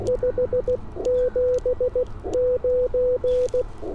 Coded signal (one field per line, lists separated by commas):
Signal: Morse code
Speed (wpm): 16 wpm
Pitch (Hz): 500 Hz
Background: none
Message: 579